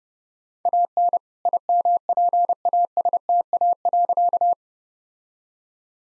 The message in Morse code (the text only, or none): AN IMPASTA.